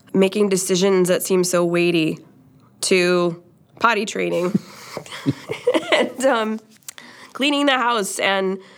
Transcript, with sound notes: making decisions that seem weighty to potty training (laughter) and cleaning the house and